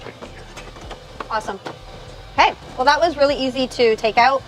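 A plastic water tank is pushed back into its slot on a Philips 3200 Series EP3241/54 espresso machine, giving two soft knocks and then a sharper click at 1.2 s as it seats in place. Someone then talks.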